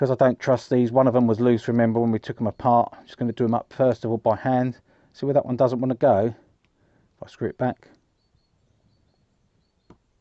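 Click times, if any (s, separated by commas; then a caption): 9.9 s. Someone talks while a case screw is turned backwards by hand in the plastic housing of a Moser battery-powered horse clipper. A quiet little click is heard at 9.9 s as the screw drops into the existing thread and sits in place, seated.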